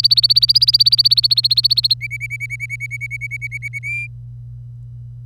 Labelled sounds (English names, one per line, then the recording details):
Domestic Canary song
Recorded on 25 April 2018 at 09:28
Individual llb3